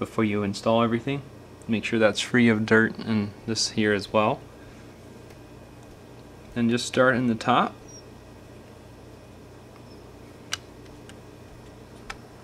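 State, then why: Seated. Someone talks during the first 8 seconds while reassembling a Galaxy Note 3, starting the plastic midframe/back housing at the top and pressing it down onto the phone frame. Sharp plastic snaps follow at 10.5 s and 12.1 s, with a fainter tick at about 11.1 s, as the midframe clips seat into the frame.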